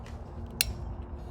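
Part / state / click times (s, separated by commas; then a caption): windshield wiper blade onto the wiper arm / seated / 0.6 s. A new windshield wiper blade is pushed up onto the hook of the wiper arm on a Buick Enclave Avenir, with its locking tab then pressed down. A single sharp snap at 0.6 s stands out over a low background rumble. The blade is seated on the arm.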